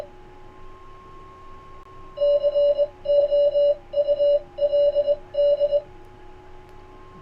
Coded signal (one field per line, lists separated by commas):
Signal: Morse code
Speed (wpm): 20 wpm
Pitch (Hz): 580 Hz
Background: none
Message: COULD